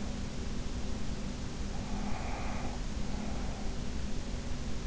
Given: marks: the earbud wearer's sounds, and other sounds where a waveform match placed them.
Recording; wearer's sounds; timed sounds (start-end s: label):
sounds in sleep by an in-ear microphone; breath
1.84-3.72 s: breath